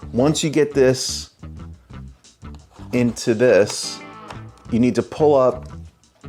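A Carpuride W901 Pro or W701 Pro portable car display is handled at its plastic mounting bracket while someone talks over faint background music, with small handling knocks at about 1.4, 1.9, 2.6 and 6.0 seconds. The screen mount is being pulled up into position, but nothing has seated or clicked into the bracket yet.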